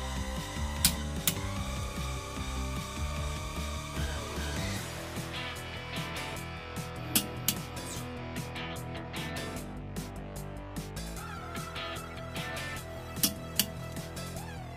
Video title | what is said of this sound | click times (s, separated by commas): Know your Toyota VIOS: Wheel Nut Tightening Torque | the wheel nuts until you hear a click like this. | 0.9 s, 1.3 s, 7.2 s, 7.5 s, 13.2 s, 13.6 s